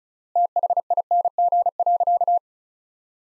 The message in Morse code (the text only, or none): THING.